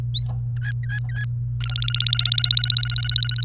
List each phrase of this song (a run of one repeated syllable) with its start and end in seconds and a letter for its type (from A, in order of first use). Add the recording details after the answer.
0.56-1.25 A, 1.61-3.44 B. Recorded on 29 April 2018 at 12:48. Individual llb3